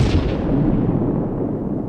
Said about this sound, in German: Sie hatten nicht damit gerechnet, bei Berührung mit Luft zu explodieren.